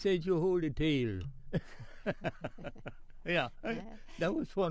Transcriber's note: laughs